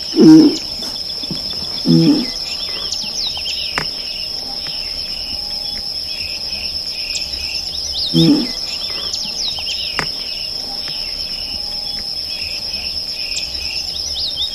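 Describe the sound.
Galapagos tortoise deep groaning calls, two short low bursts in the first two seconds and another near eight seconds, over a constant high insect buzz and scattered chirps.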